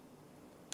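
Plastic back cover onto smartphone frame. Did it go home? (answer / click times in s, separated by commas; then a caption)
yes / 0.7 s. A plastic back cover is pressed around its edges onto the frame of an Acer Liquid Zest 4G smartphone. Faint low noise runs until one sharp click at 0.7 s, when the cover edge snaps in and is seated.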